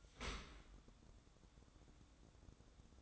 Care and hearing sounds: daily activity, microphone in the room; open dishwasher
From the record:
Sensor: 3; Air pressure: 1012.3 hPa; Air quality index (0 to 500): 161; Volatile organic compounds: 2 ppm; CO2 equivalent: 1233 ppm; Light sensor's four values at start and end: 527/1297/535/533 and 504/1239/510/506

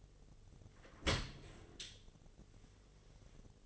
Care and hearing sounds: daily activity, microphone in the room; open dishwasher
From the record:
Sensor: 4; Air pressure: 1007.5 hPa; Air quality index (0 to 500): 200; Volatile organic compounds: 7 ppm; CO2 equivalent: 1993 ppm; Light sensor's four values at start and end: 22/71/27/26 and 22/70/27/26

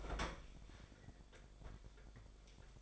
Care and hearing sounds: daily activity, microphone in the room; open fridge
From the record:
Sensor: 5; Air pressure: 1004.7 hPa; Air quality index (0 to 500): 158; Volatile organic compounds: 3 ppm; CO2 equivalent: 1494 ppm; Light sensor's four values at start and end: 22/50/20/19 and 24/55/22/21

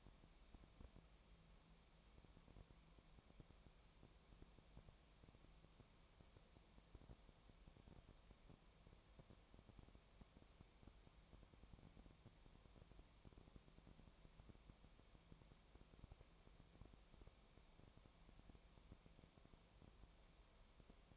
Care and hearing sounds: daily activity, microphone in the room; no activity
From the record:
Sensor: 1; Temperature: 19.4 degrees Celsius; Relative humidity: 35.7%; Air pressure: 1003.3 hPa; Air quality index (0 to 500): 113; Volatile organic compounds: 2 ppm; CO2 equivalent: 1263 ppm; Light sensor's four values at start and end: 1/2/1/1 and 1/2/1/1

